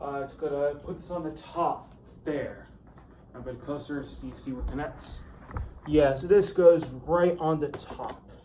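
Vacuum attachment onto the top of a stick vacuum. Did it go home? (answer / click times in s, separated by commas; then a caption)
no / none. A vacuum attachment is handled and moved toward the top of a Shark Rocket stick vacuum while someone talks. Nothing has seated or clicked yet, and the clip ends before the part goes home.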